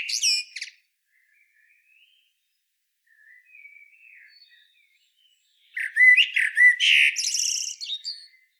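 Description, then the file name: Common blackbird singing: a brief high twitter, a soft low fluted warble, then a loud burst of squeaky, chattering high notes, with silent gaps between phrases. "Turdus merula"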